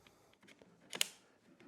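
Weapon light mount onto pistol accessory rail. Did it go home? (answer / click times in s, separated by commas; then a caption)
yes / 1.0 s. The T-shaped post on an Olight Odin GL M weapon light's mount slides into a pistol's accessory rail, with faint scraping ticks as it moves. A sharp, bright lock click at 1.0 s marks the light seated and locked in place on the rail.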